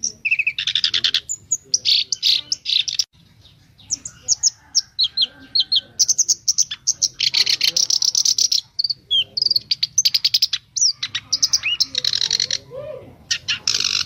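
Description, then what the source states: Streaked spiderhunter song: dense, rapid high chattering and buzzy trills in quick bursts, with short pauses near three and nine seconds. Long, clear, lively 'gacor' singing, presented as a master tutor recording for training birds.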